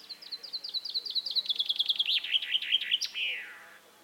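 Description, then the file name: Common chaffinch song, a cascade of sharp notes that gets louder and lower, finishing in a brief emphatic flourish. "Fringilla coelebs"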